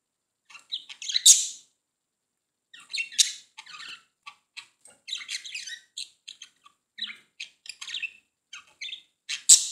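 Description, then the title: Budgerigar chatter of scattered short chirps and squeaks, with loud sharp squawks at the start, middle and end. "Budgie Sounds"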